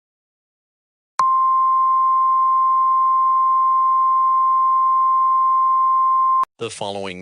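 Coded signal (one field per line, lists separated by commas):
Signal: Emergency Alert System (SAME) tones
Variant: 1050 Hz attention tone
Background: speech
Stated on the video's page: Fictional EAS scenario for a Cascadia Subduction Zone earthquake; fully valid EAS tones.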